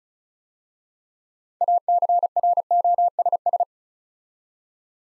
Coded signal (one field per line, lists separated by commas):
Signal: Morse code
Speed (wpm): 36 wpm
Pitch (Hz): 700 Hz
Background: none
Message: ACROSS